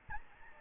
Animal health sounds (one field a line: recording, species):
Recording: mosquito wingbeat signal from an infrared sensor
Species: Aedes albopictus